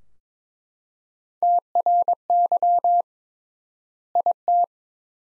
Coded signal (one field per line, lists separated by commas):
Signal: Morse code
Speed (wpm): 22 wpm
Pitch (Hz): 700 Hz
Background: none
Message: TRY IT